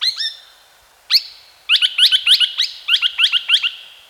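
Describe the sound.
Australian logrunner calls: a pair of quick whistled notes, then a fast series of sharp, upward-sweeping chirps repeated several times a second, with short pauses between bursts.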